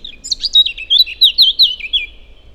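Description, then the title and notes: Eurasian blackcap song: a rapid, bright warble of varied notes that ends in a run of clear, loud whistled phrases, with a faint low rumble underneath. Several birds recorded on the fly on a wide drivable track in the heart of the rather planted Forêt de Chautagne, near roads, Serrières-en-Chautagne, France; Dodotronic stereo parabola, Zoom H4n pro. "Forêt de Chautagne - Serrières-en-Chautagne, France - Fauvette à tete noire. j'enregistre "au vol" ces fauvettes à tete noire. Merci à Marc Namblard pour les identifications"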